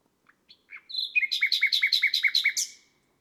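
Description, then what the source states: Nightingale song: a few soft separate notes, then a fast run of loud repeated chirping notes ending in a harsh flourish. Nightingale recorded on a May night; listed among garden birds.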